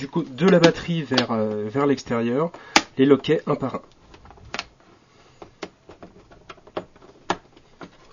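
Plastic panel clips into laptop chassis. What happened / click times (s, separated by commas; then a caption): Plastic panel clips snapped into place / 7.3 s. On an Acer Aspire One 522 laptop, the plastic panel's retaining clips on the right side are pressed into the chassis one by one. Someone talks for the first four seconds, followed by quieter handling with several short clicks. A sharp click at 7.3 s marks the right side's clips seated.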